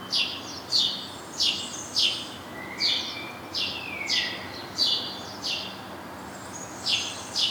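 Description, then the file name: House sparrow chirping in short, scratchy notes at an uneven pace, with a lower sliding note partway through. "Passer domesticus"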